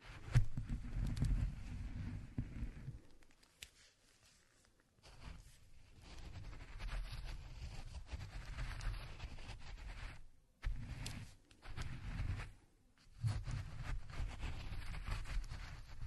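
Walnuts are ground by hand, a gritty crunching and rumbling that comes in uneven bursts. The grinding is loudest at the start, drops out briefly around four to five seconds and again near ten and twelve seconds, then resumes steadily.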